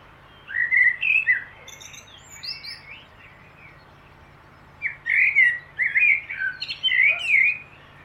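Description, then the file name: Common blackbird song: a rich, fluty opening phrase with high squeaky flourishes, a pause of about two seconds, then a longer warbled phrase. "Turdus merula"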